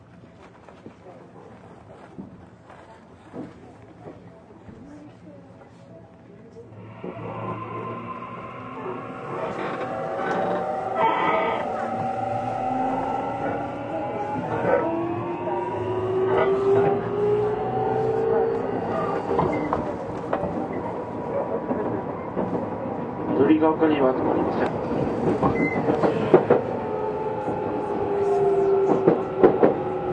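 A Tokyu 6000 series express train sits quietly, then at about seven seconds its motors start whining, with rising tones and clattering clicks as it accelerates.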